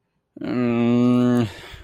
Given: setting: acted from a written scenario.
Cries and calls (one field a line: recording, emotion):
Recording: vocal sound without words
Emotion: sadness